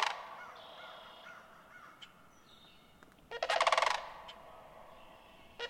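Sandhill crane giving one strong rolling rattle midway, with fragments of further calls at the edges and thin whistled notes from other birds around it.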